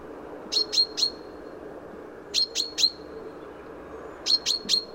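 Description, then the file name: Common chaffinch calls: short sharp high notes given in quick bursts of three, each burst about every two seconds, over a low steady background hum. "Fringilla coelebs"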